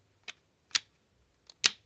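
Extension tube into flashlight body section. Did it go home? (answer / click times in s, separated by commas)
yes / 0.8 s, 1.7 s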